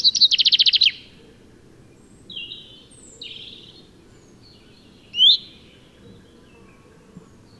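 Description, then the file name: Common chaffinch giving a rapid, rattling trill at the start, followed by scattered high whistled and slurred notes over quiet background hiss. "Fringilla coelebs"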